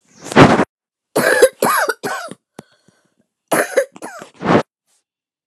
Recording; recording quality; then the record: heavy voluntary cough; excellent, no background noise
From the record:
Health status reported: healthy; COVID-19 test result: negative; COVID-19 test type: RT-PCR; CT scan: not taken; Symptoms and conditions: cough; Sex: female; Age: 47 years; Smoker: no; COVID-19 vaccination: both doses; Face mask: not worn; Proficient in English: yes